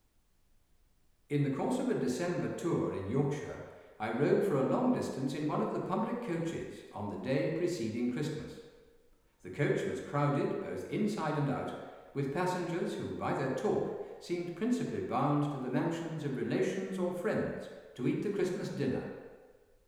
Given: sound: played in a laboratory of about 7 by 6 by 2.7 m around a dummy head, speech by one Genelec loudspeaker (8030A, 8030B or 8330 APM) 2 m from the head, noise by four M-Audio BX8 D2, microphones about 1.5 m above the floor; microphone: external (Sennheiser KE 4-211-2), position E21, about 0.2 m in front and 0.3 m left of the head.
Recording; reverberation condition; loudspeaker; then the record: male speech in English; high; 90 degrees to the left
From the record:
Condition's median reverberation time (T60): about 1300 ms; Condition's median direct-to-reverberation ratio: about -4.0 dB